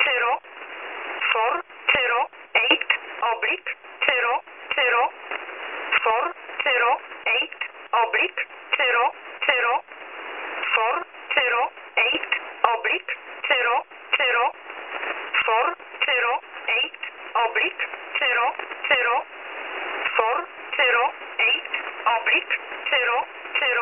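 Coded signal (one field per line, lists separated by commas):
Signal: numbers station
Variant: E11 Oblique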